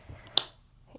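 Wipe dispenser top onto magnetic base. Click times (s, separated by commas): 0.4 s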